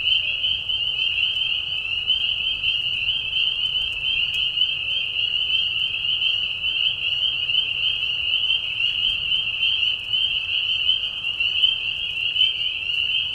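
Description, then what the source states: Spring peeper: high shrill peeps of a spring peeper chorus run together into a steady ringing band. Mating call chorus in a marsh at night during a very short spring season, Tiny Marsh Conservation Area, Tiny, Ontario; high whistles at low volume.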